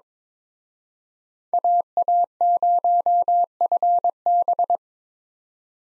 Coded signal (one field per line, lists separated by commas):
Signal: Morse code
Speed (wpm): 26 wpm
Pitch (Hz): 700 Hz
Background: none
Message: AA0FB